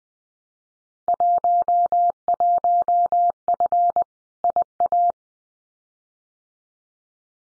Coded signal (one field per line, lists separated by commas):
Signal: Morse code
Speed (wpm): 20 wpm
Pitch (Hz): 700 Hz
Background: none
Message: 11F IA